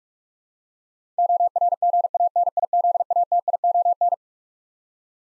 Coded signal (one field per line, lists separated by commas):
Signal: Morse code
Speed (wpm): 46 wpm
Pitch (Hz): 700 Hz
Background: none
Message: ORGANIZATION